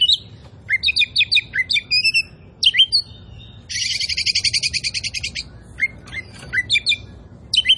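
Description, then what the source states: Oriental magpie-robin song of clear rising whistles and quick chirps, broken by a fast buzzy rattling trill lasting over a second, then more whistled phrases. Indonesian name kacer poci; described as gacor, singing actively and constantly.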